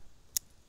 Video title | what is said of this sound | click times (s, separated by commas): Victorinox Fieldmaster - Swiss Army Knife - Field Review | you see it snaps in that position as well well so you can use it you know depending what screw or anything you're trying to mess with | 0.4 s